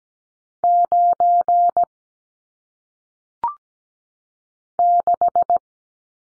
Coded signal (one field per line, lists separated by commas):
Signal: Morse code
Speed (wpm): 17 wpm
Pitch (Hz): 700 Hz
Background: none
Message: 9 6